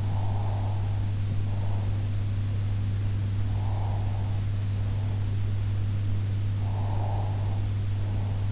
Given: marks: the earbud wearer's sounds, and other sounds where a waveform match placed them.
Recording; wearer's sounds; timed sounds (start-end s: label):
sounds in sleep by an in-ear microphone; breath
0.00-1.94 s: breath
3.62-5.28 s: breath
6.60-8.48 s: breath